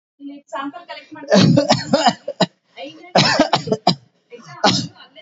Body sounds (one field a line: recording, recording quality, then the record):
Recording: heavy voluntary cough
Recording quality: moderate, slight background noise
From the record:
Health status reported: recovered from COVID-19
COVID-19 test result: positive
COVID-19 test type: RT-PCR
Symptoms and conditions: cough, cold, sore throat, fever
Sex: male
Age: 41 years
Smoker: no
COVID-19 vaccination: both doses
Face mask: not worn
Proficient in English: no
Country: India